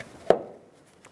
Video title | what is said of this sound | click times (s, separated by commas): How to Replace Coolant Reservoir 2002-2006 Toyota Camry | Should snap into place and turn this. | 0.3 s